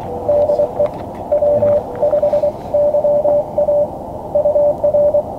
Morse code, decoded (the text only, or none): DE W5YA UR